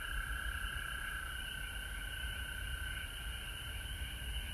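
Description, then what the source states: Frog chorus, a continuous high trilling drone of many overlapping callers, with low rumbling noise underneath. Several frogs at home in Georgia, recorded March 19, 2020.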